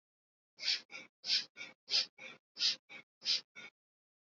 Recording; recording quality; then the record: shallow breathing; excellent, no background noise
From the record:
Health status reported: healthy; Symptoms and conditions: hypertension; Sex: male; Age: 43 years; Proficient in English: yes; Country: India